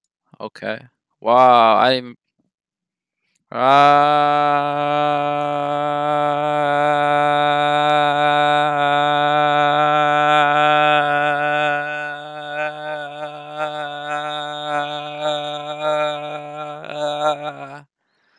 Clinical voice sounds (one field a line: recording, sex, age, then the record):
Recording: vowel held as long as possible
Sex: male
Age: 20 to 29 years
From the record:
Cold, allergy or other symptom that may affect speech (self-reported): no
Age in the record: 23 years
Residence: Nevada, United States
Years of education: 15